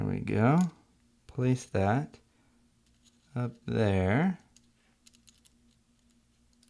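Someone talks while the small metal rod of the left Command key on a mid-2010 13-inch MacBook Pro 1278 (2.66 GHz, MC375, Type J keyboard) is positioned on top of the key hinge, ready to be pressed down to snap in. Faint, short ticks of handling follow near the end, at about 4.6, 5.1 and 5.3 seconds. Nothing has snapped in yet.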